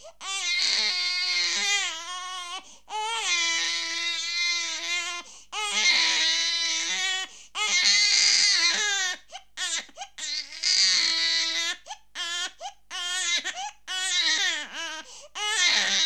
Angry baby crying sound effect.